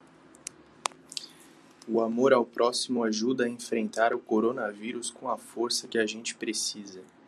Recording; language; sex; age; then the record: spoken sentence; Brazilian Portuguese; male; 20 to 29 years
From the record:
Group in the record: control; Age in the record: 21 years